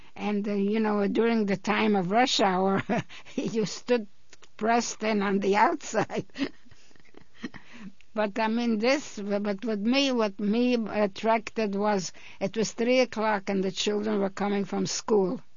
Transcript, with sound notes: And, you know, during the time of rush hour you stood pressed in on the outside. (she laughs) But I mean this, but with me, what me attracted was, it was three o'clock and the children were coming from school.